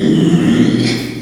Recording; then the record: squeal of a Yucatan mini pig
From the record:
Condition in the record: after surgery on the right vocal fold (resection and tissue-engineered implant); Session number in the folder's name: 2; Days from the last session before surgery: 13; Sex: male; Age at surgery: 12 weeks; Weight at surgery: 13 kg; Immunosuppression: cyclosporine, prednisolone